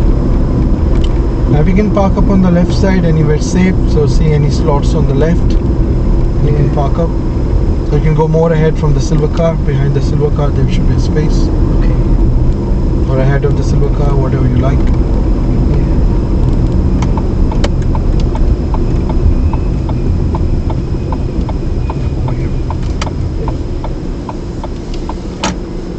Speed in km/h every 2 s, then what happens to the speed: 37, 35, 34, 27, 27, 31, 32, 29, 24, 19, 13, 6, 5.
0-6 slows to 27. 6-13 steady at about 27. 13-22 slows to 6.